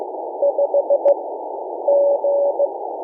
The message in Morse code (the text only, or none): 5 G